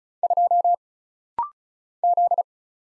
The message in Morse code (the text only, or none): 2 Z